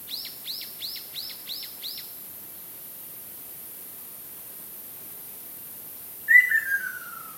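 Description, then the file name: Ruddy kingfisher call: one descending whistled trill near the end, after a quick series of six high downslurred notes from another bird. "akashobin"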